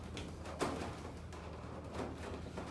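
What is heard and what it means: Two cardboard tower sections of a 2018 Blackhawk Holiday display shipper are handled with their slots lined up, ready to be pushed together to lock on both sides. Soft cardboard rustles and scrapes play over a steady low hum, with brief handling bursts near 0.2, 1.3 and 2.6 seconds. Nothing has seated or clicked yet.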